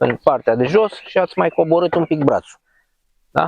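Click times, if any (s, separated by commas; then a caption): none. A STIHL RM 248 T lawn mower's handle arm is pressed down by its release flap and lowered toward its second position while someone talks. Nothing has seated or clicked yet, and the handle arm has not locked into position.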